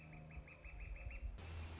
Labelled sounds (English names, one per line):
Northern Flicker